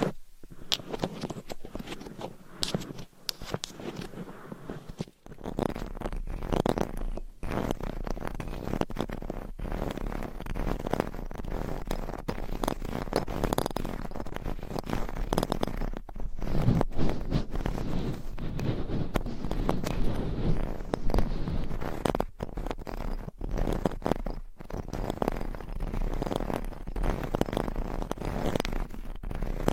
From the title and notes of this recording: ASMR Deep Ear Attention Scratching , Tapping & Massage with Different Items & Nails No Talking.